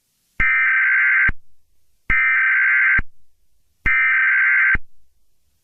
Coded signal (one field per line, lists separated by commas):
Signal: Emergency Alert System (SAME) tones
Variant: header bursts